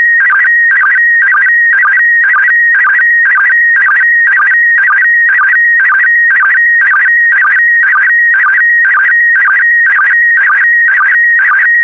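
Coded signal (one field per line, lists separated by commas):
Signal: SSTV (slow-scan television)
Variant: PD120 mode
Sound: steady whistling tone with rapid warbling dips repeating about twice a second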